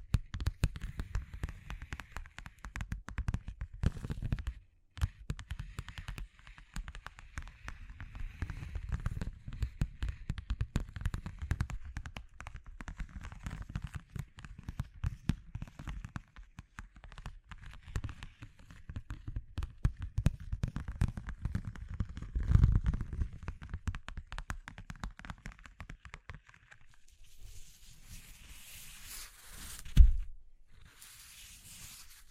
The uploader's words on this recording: ASMR Exploring Textures (No Talking).